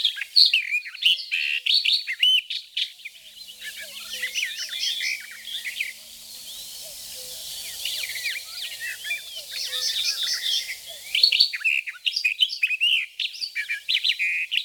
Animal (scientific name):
Sylvia nisoria